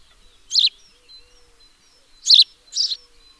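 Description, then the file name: House sparrow chirps: one harsh chirp, a pause, then two more close together. "Passer domesticus 151115"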